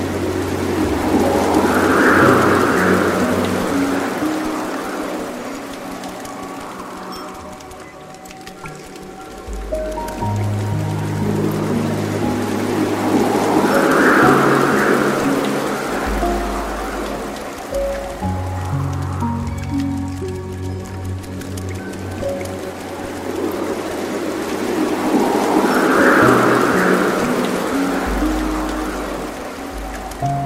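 Soft rain patters steadily over grass, a dense, even hiss filling the whole recording. Beneath it, low sustained piano notes and gentle melodic lines drift in slow phrases, swelling roughly every twelve seconds before easing back, while a faint breeze murmurs underneath.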